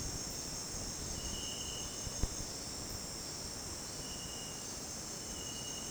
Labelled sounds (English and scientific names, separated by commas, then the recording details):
none
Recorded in dense forest near Puerto Asís, Putumayo, Colombia, on 12 March 2025 at 18:00
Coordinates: 0.486, -76.317
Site G053